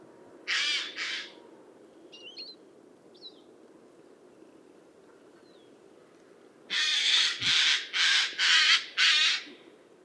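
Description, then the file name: Eurasian jay giving harsh, rasping screeches: a pair early on, then a rapid run of five after a pause, with faint thin bird notes between. "Garrulus glandarius"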